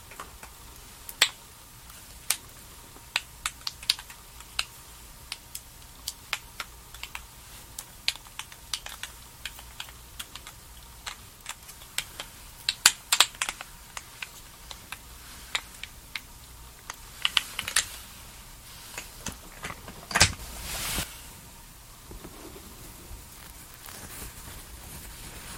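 Skincare and makeup sounds: irregular sharp clicks and taps scattered throughout over a faint steady hum, with a brief rustling burst near twenty seconds.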